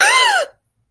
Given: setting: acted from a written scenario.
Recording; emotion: vocal sound without words; fear